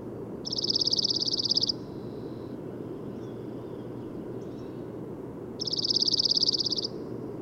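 Bird song: a dry, rapid high-pitched trill lasting over a second, heard twice about five seconds apart, with faint notes between and steady low background hiss.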